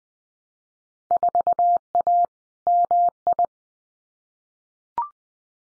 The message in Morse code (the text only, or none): 4A MI